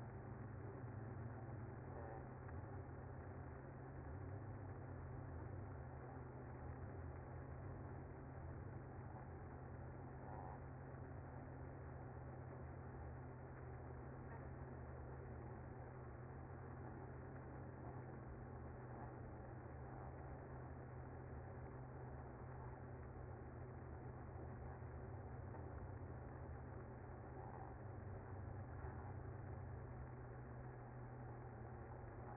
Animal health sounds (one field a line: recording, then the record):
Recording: honeybee colony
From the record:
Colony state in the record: active